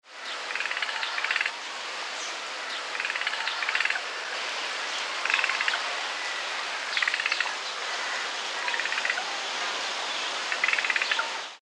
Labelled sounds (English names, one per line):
Javan Rusa